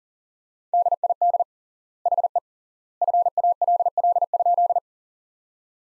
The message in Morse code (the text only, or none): DID HE FALL?